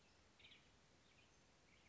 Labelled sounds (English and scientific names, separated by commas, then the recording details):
Western Tanager (Piranga ludoviciana)
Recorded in Sonoma County, California